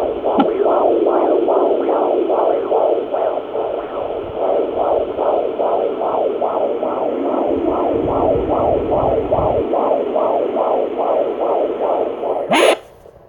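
Rapid, regular whooshing pulses at about 150 per minute over a steady hiss, the galloping sound of a fetal heartbeat picked up by a Doppler probe. A brief scrape or click ends it.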